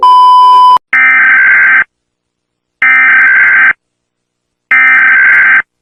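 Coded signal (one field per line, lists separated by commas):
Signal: Emergency Alert System (SAME) tones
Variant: header bursts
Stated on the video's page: Mock Emergency Alert System alert for the USA, not a real broadcast.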